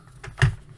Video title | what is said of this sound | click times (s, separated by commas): Masters of the Universe Origins Wind Raider Unboxing and Review | It's a nice tight fit when you plug it in. It kind of snaps into place. | 0.4 s